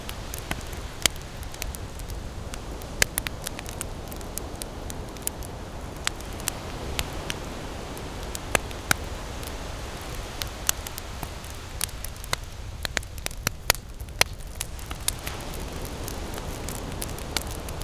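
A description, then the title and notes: A campfire burns with a steady low roar and soft rustling hiss underneath. Sharp crackles and pops break through irregularly, a few every second, with some louder snaps around the middle and toward the end. Campfire Comfort.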